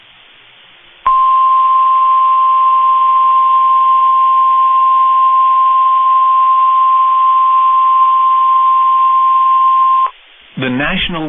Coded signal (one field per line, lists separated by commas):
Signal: Emergency Alert System (SAME) tones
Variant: 1050 Hz attention tone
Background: speech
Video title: Tornado Warning (Bailey, Hockley, Lamb Counties, TX) (4/25/25) [EAS #148]